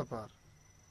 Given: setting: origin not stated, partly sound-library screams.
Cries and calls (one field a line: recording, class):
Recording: one-second piece from a danger detection set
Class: normal situation